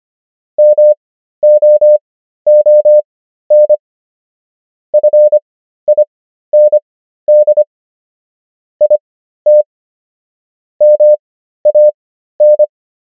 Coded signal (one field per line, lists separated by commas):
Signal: Morse code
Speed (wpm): 25 wpm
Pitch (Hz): 600 Hz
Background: none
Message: MOON FIND IT MAN